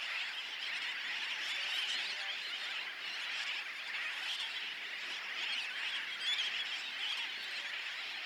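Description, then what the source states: Birds calling in a dense chorus, a continuous wall of overlapping high squealing calls with no pauses. Recorded at Bush Key, Dry Tortugas.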